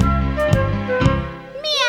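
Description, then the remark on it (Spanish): A human voice imitates the meow of Doña Emelina's cat, the one that meows in the kitchen: a drawn-out rising-then-falling tone with a bright, harmonic pitch, followed by a second higher-pitched meow near the end, over a steady background tone. “Imitemos la gata de Doña Emelina, la que maulla en la cocina.”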